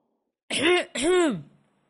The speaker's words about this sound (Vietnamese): Bố Diễm hắng giọng mời Nam ngồi.